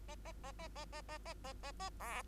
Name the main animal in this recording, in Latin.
Lonchura striata domestica